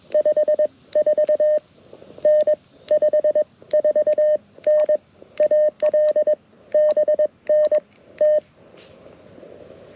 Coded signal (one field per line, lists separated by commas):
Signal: Morse code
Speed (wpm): 22 wpm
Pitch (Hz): 610 Hz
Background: none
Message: 5 4 N 5 4 N AL BN T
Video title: Saturday Morning QRP CW POTA Activation - 08/05/2023 @ K-4451